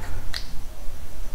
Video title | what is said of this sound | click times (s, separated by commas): Basic Tools for Everybody (DeWALT Bag) | we got some heavy-duty scissors you open it up real quick it locks in place with this and they're | 0.4 s